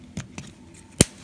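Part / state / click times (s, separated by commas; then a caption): arcade push-button into its switch housing / seated / 1.0 s. An arcade push-button, removed through the control panel, has its wider end fed down into its switch housing and pushed until it clicks into place. Two faint clicks come at about 0.2 and 0.4 seconds. The sharp, loud click at 1.0 seconds marks the button seating.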